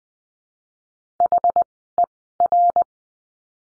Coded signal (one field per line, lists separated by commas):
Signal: Morse code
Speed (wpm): 20 wpm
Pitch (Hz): 700 Hz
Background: none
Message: HER